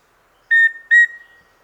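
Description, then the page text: Rufous-breasted antthrush with two pure whistles at an even pitch, close together, the second drawn out a little more, over a faint hum. "Andrew Spencer - Рыжегрудая питтоподобная муравьеловка (Formicarius rufipectus)"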